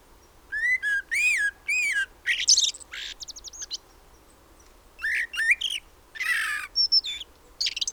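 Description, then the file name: Common blackbird delivering repeated arched whistled chirps, then a buzzy trill and more squeaky notes after a brief silence, all high-pitched. "Turdus merula"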